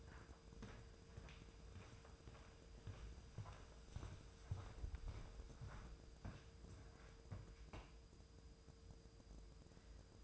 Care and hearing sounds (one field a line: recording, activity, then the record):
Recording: daily activity, microphone in the room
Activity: walk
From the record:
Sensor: 2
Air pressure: 995.8 hPa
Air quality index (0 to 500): 246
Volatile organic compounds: 1000 ppm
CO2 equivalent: 6076 ppm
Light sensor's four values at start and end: 33/78/34/38 and 31/76/33/37